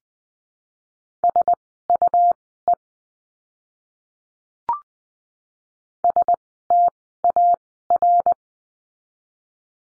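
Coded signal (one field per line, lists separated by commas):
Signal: Morse code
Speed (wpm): 20 wpm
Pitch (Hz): 700 Hz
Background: none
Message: SUE STAR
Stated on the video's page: Morse code course lesson on letter U, words, Farnsworth speed 20/10 wpm.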